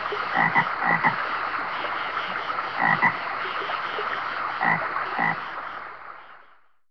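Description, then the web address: American bullfrog repeats short croaks several times over a steady background hiss, the sound fading out at the end. Recorded at a stream. "DESN 275 sound Library animals frog-bullfrog"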